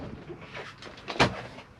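A drop-down bed in a motorhome ceiling, identified as a Swift Searcher 614, is pushed up toward its stowed position while the release button is held in. Several short knocks and rubbing sounds are heard, and the loudest sharp hit comes around 1.1–1.2 s. The bed latch has not clicked into place yet.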